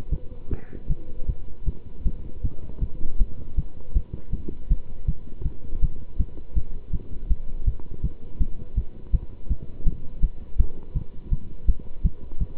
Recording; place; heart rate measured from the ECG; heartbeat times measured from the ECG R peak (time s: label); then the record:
heart sounds by stethoscope; between the tricuspid and mitral areas; 161 bpm
0.10 s: heartbeat
0.49 s: heartbeat
0.88 s: heartbeat
1.26 s: heartbeat
1.65 s: heartbeat
2.04 s: heartbeat
2.42 s: heartbeat
2.80 s: heartbeat
3.18 s: heartbeat
3.55 s: heartbeat
3.93 s: heartbeat
4.31 s: heartbeat
4.68 s: heartbeat
5.06 s: heartbeat
5.43 s: heartbeat
5.80 s: heartbeat
6.17 s: heartbeat
6.54 s: heartbeat
6.91 s: heartbeat
7.28 s: heartbeat
7.65 s: heartbeat
8.02 s: heartbeat
8.39 s: heartbeat
8.75 s: heartbeat
9.11 s: heartbeat
9.48 s: heartbeat
9.84 s: heartbeat
10.20 s: heartbeat
10.57 s: heartbeat
10.94 s: heartbeat
11.30 s: heartbeat
11.66 s: heartbeat
12.03 s: heartbeat
12.39 s: heartbeat
From the record:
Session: pedaling a stationary bicycle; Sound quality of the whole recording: good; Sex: male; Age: 27 years